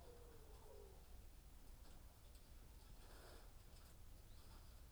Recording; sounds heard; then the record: poultry house recording; healthy chickens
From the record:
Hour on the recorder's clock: 18